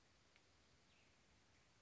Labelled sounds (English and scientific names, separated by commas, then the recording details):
Western Tanager (Piranga ludoviciana)
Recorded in Sonoma County, California